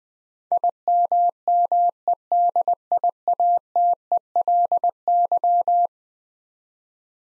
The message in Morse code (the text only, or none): IMMEDIATELY